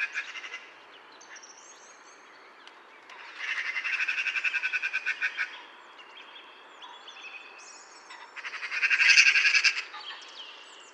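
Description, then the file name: Eurasian magpie giving two loud, grating rattles of rapid pulses, the first about two seconds long, amid soft whistles. "Pica pica"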